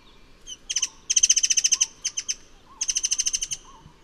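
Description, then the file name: White-rumped shama song in loud chattering bursts of rapid buzzy notes, broken by short gaps, above a quiet recurring wavering tone. "burung murai besi murai cai murai air mancur"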